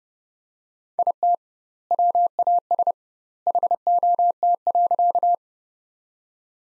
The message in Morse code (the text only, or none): IT WAS HOT.